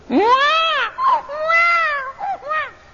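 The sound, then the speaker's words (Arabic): A newborn baby cries in loud, high-pitched wails: two long drawn-out cries broken by short gasping yelps, the pitch arching up and falling away on each one. “ما من مولود يولد على وجه الأرض إلا نخس الشيطان، نخسه الشيطان فيستهل صارخا”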